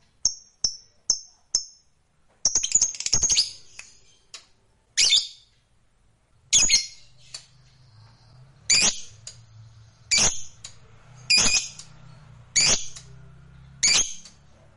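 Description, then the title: Lovebird sharp calls: short high chips at first, then loud harsh single notes repeated every second or so, with a faint low hum underneath. Fighter-type lovebird, gacor (singing energetically). "Berkat SUARA Lovebird FIGHTER GACOR Ini"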